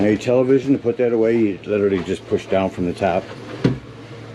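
Someone talks while handling the television on its stowable mount in a Jayco Eagle 293RKS RV, about to push it down from the top so the mount latches. A brief sharp sound occurs at about 3.7 s as the speech trails off, but nothing has seated or clicked into place yet.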